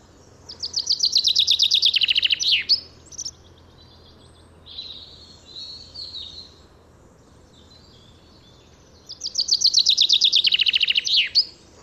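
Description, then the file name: Common chaffinch song: two bright descending trilled phrases, each about two seconds and ending in a sharp flourish, separated by quieter scattered bird notes. "Fringilla coelebs"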